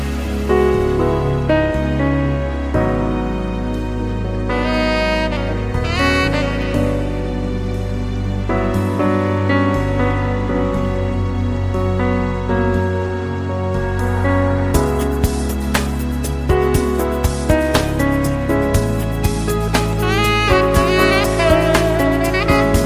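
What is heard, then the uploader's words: Smooth jazz plays steadily with a warm bass line and shifting chords; a brighter, busier beat with crisp ticks joins around fifteen seconds. Cloud Jazz Sessions Nº 1: Smooth Jazz & Rain.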